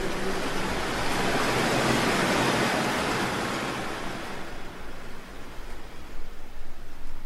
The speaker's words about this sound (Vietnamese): Cả quá trình ấy kéo dài suốt mấy phút đồng hồ, rồi con sóng lại ập đến, từ từ dịu đi.